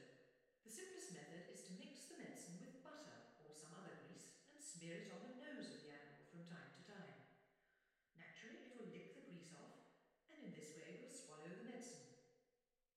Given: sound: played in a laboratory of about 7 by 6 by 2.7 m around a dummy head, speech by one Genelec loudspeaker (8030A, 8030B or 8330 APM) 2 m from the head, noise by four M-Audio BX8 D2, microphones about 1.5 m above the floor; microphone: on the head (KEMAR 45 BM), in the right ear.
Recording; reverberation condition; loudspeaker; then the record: female speech in English; high; 30 degrees to the left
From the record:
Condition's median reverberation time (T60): about 1300 ms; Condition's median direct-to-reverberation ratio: about -4.0 dB